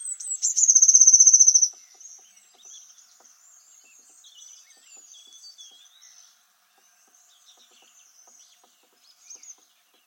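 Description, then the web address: Bird calling with a loud, very high, rapid pulsed trill lasting over a second, followed by faint scattered high chirps and twitters. "cianscape birddata Deverinetal 2025 File origin Bird Only"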